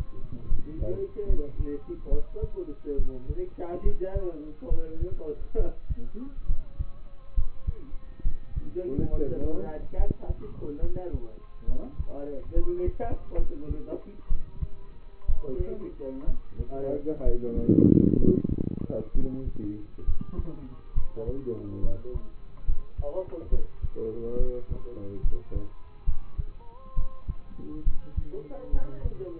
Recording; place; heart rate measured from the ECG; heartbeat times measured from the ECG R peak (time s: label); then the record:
heart sounds by stethoscope; between the tricuspid and mitral areas; 68 bpm
0.48 s: heartbeat
1.26 s: heartbeat
2.09 s: heartbeat
2.96 s: heartbeat
3.82 s: heartbeat
4.68 s: heartbeat
5.56 s: heartbeat
6.46 s: heartbeat
7.34 s: heartbeat
8.22 s: heartbeat
9.10 s: heartbeat
9.96 s: heartbeat
10.80 s: heartbeat
11.65 s: heartbeat
12.53 s: heartbeat
13.36 s: heartbeat
14.28 s: heartbeat
15.26 s: heartbeat
16.25 s: heartbeat
17.23 s: heartbeat
18.16 s: heartbeat
19.12 s: heartbeat
20.04 s: heartbeat
20.93 s: heartbeat
21.81 s: heartbeat
22.65 s: heartbeat
23.49 s: heartbeat
24.37 s: heartbeat
25.21 s: heartbeat
26.04 s: heartbeat
26.94 s: heartbeat
27.83 s: heartbeat
28.70 s: heartbeat
From the record:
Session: rest, lying down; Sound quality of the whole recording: partially saturated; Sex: male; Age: 27 years